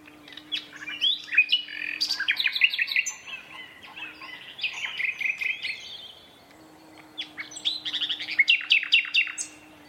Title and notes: Sound Escape: An astonishing nightingale duet in a Dorset woodland. BBC Countryfile Magazine's Sound Escapes